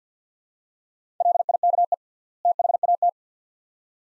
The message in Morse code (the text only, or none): LIKE THAT